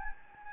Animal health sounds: mosquito wingbeat signal from an infrared sensor; Anopheles gambiae

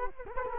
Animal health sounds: mosquito wingbeat signal from an infrared sensor; Culex quinquefasciatus

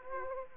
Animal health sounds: mosquito wingbeat signal from an infrared sensor; Aedes aegypti

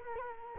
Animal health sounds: mosquito wingbeat signal from an infrared sensor; Culex quinquefasciatus

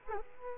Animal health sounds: mosquito wingbeat signal from an infrared sensor; Aedes aegypti

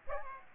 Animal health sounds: mosquito wingbeat signal from an infrared sensor; Aedes aegypti

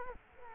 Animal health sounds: mosquito wingbeat signal from an infrared sensor; Culex quinquefasciatus

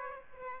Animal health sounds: mosquito wingbeat signal from an infrared sensor; Aedes aegypti

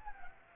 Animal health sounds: mosquito wingbeat signal from an infrared sensor; Anopheles gambiae

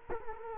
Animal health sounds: mosquito wingbeat signal from an infrared sensor; Culex quinquefasciatus

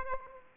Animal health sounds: mosquito wingbeat signal from an infrared sensor; Aedes aegypti

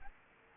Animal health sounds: mosquito wingbeat signal from an infrared sensor; Aedes aegypti

